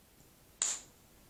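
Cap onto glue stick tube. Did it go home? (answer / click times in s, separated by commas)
yes / 0.6 s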